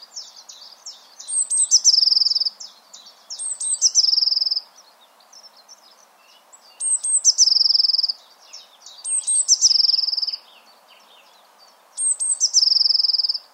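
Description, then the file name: Eurasian blue tit calls: high thin notes running into a rapid chattering trill, the phrase repeated five times. "Cyanistes caeruleus"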